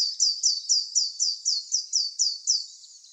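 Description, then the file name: Eurasian blue tit uttering a steady run of about twelve thin, high, downward-slurred notes, evenly spaced. "Cyanistes caeruleus"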